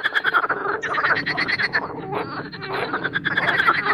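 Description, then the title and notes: Marsh frogs in a dense, continuous chorus of overlapping rattling croaks over a steady broad rushing background noise. Spring mating chorus in an artificial pond made for water activities at Parc Chédeville, Oise; after a cold night, the chorus intensifies as an airplane passes. "au Parc Chédeville dans l'Oise. des grenouilles rieuses"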